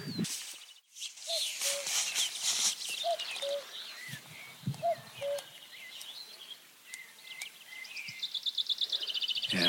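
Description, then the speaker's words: Common cuckoo giving faint, low two-note calls, the second note lower, repeated three times, with higher chirping birds and a soft background. Heard very faintly down in the valley from a hillside walk on the Blorenge in mid-May, possibly one bird moving around. "there's a cuckoo very faintly down in the valley."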